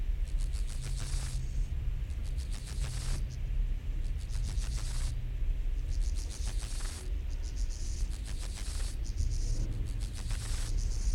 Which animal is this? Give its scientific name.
Chorthippus dorsatus